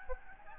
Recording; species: mosquito wingbeat signal from an infrared sensor; Aedes albopictus